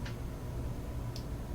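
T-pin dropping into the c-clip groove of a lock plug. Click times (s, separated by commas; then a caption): 1.2 s. A lock plug is pushed into the lock body without a shim, and a custom T-pin drops into the c-clip groove with a small, sharp click at 1.2 s. There is an earlier faint tick at about 0.1 s. After the click the plug is seated and won't move forward or backward.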